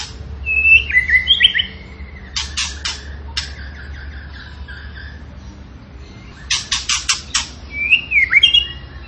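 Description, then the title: Tembakan bird song: a twisting warble, scattered harsh clicks, a quiet gap, then another burst of clicks and a final slurred whistle. Tembakan bird singing actively (gacor), used for training cage birds (masteran). "Masteran Burung Tembakan Gacor"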